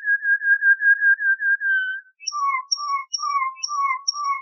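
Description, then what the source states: Waterslager canary song: a run of even whistled notes at one pitch, then a faster pattern of short low whistles mixed with brief high piping notes. Waterslager canary breed; song variations.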